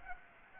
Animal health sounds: mosquito wingbeat signal from an infrared sensor; Aedes aegypti

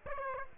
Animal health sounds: mosquito wingbeat signal from an infrared sensor; Aedes aegypti

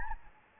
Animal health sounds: mosquito wingbeat signal from an infrared sensor; Anopheles gambiae

